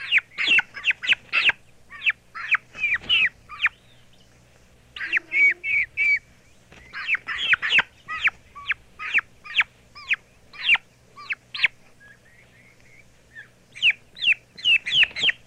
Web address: Turkey 400-Young